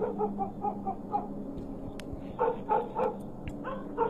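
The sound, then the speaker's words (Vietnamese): A black dog barks loudly and insistently, a quick run of sharp, mid-pitched barks, a brief lull, then another burst of repeated barking with no voices. “Ở đằng sau, con chó mực vẫn cứ sủa lên inh ỏi liên hồi.”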